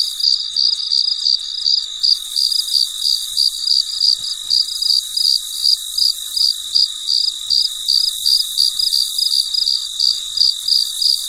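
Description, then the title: Cricket calling with fast, evenly spaced shrill chirps, about three a second, accompanied by a persistent high whine. Recorded late at night, in very quiet surroundings. "深夜录制蟋蟀昆虫声"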